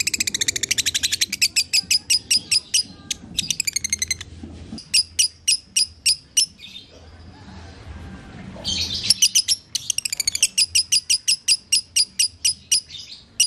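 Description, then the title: Lovebird giving long runs of sharp, high chirps at a fast, even pace, broken by a softer buzzy stretch midway before the chirping picks up again. Konslet song style. "Masteran Lovebird Konslet"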